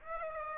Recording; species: mosquito wingbeat signal from an infrared sensor; Aedes aegypti